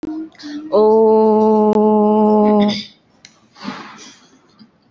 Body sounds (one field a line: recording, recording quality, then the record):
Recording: sustained vowel as in boot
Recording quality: excellent, no background noise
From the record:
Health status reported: healthy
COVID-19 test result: negative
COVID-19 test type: RT-PCR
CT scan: not taken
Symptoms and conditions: none ticked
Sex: female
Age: 19 years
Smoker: no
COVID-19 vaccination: both doses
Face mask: worn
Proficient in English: yes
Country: India